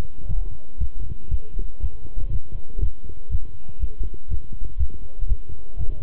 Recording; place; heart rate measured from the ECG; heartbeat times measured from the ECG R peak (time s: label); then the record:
heart sounds by stethoscope; between the tricuspid and mitral areas; 120 bpm
0.28 s: heartbeat
0.80 s: heartbeat
1.31 s: heartbeat
1.82 s: heartbeat
2.32 s: heartbeat
2.81 s: heartbeat
3.31 s: heartbeat
3.81 s: heartbeat
4.30 s: heartbeat
4.79 s: heartbeat
5.29 s: heartbeat
5.78 s: heartbeat
From the record:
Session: walking at 3.7 km/h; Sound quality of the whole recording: good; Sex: male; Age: 25 years